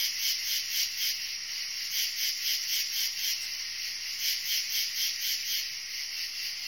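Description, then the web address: Insect buzzing: a dense, hissy high drone pulsing rapidly, continuous throughout. "animali insetti insetti insect"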